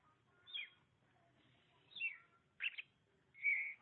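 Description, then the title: Oriental magpie-robin song: separate whistled and slurred phrases between mid and high pitch, with short pauses between them, ending in a steady whistled note. "Suara Kicauan Burung Kacer Durasi Panjang"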